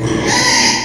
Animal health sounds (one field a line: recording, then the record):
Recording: squeal of a Yucatan mini pig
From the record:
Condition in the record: before surgery on the right vocal fold (resection and tissue-engineered implant)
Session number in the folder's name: 2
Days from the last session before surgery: 0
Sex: male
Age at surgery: 12 weeks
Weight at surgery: 13 kg